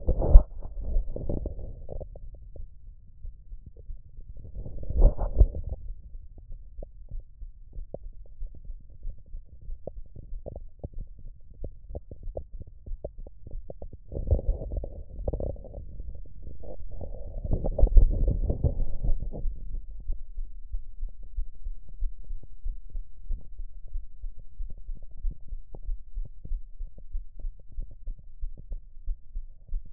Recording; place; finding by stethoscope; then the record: heart sounds by stethoscope; tricuspid valve (TV); normal heart sounds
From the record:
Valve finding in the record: tricuspid regurgitation, grade 0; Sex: female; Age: 47 years